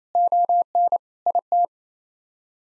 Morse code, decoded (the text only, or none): ON IT